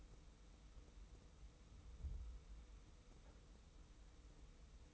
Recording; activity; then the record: daily activity, microphone in the room; wipe stove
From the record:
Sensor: 1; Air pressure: 990.5 hPa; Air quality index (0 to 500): 180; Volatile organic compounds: 1000 ppm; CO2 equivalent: 6652 ppm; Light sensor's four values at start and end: 31/72/31/34 and 31/72/31/34